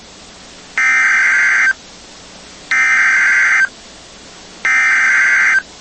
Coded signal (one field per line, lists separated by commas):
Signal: Emergency Alert System (SAME) tones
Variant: header bursts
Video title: NOAA Weather Radio · WXK80 Lafayette, Louisiana · EAS #7-8 · Double Header Tornado Watch · 12/28/24